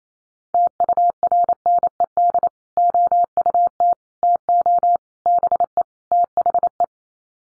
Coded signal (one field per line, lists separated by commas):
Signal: Morse code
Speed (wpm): 28 wpm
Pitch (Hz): 700 Hz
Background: none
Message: TURNED OUT TO BE THE